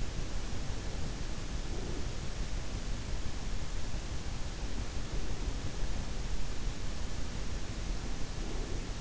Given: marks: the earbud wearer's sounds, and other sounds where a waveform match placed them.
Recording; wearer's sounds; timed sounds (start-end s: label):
sounds in sleep by an in-ear microphone; breath
1.52-2.36 s: breath
7.92-9.01 s: breath